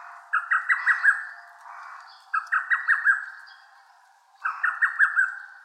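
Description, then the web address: Lesser cuckoo uttering emphatic phrases of several sharp, staccato whistled notes, repeated about every two seconds. Recorded on 10 May 2015. "birdenaga hototogisu"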